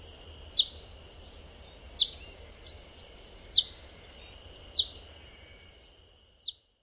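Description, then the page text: Russet sparrow uttering forceful, brief, shrill downslurred calls, five in all at irregular intervals, with a thin continuous high tone in the background. Subspecies Passer rutilans rutilans, resident bird, recorded in Japan; call type C described as a forceful, short, sharp "jiu!". "山麻雀. 學名： Passer rutilans rutilans, 留鳥. Teruo Furushima, Wild Bird Songs in Japan, 日本. 用力、短促且尖銳的「救!」"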